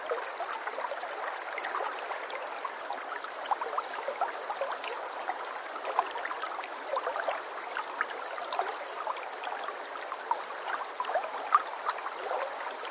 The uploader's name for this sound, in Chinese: 小河,溪水